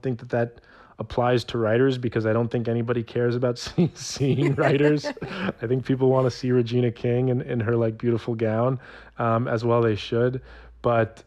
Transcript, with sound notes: I don't think that that applies to writers because I don't think anybody cares about seeing writers.
(LAUGHTER)
I think people want to see Regina King in her, like, beautiful gown, as well they should.